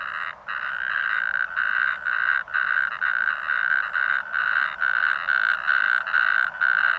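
Natterjack toad calling with short, loud rattling bursts, about two each second, in a steady run with brief gaps.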